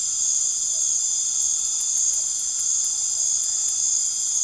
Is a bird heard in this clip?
no